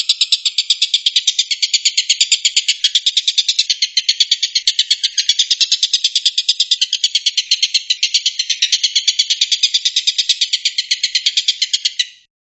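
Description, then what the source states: Stork-billed kingfisher delivering a long, unbroken rattle of coarse, buzzy pulses, fast and steady for about twelve seconds before ending sharply. Tengkek buto giving the "tembakan" or shooting call.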